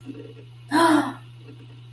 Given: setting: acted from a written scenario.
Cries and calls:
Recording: vocal sound without words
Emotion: distress

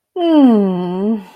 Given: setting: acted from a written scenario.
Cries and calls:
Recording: vocal sound without words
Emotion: serenity

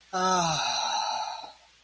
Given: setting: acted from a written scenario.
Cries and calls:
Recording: vocal sound without words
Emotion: ecstasy

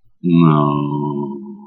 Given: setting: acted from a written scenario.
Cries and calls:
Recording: vocal sound without words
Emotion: shame

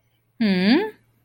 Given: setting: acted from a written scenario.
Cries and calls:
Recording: vocal sound without words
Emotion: interest

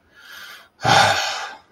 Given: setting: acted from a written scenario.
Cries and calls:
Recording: vocal sound without words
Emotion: relief

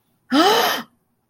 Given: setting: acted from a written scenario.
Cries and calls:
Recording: vocal sound without words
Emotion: awe

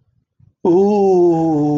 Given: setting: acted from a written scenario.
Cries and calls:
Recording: vocal sound without words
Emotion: ecstasy

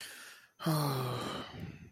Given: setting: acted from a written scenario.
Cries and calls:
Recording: vocal sound without words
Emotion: sadness

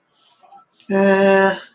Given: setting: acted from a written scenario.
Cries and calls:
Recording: vocal sound without words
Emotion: neutral

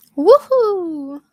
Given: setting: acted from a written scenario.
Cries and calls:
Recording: vocal sound without words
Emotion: triumph

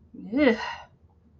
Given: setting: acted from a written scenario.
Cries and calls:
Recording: vocal sound without words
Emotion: disgust

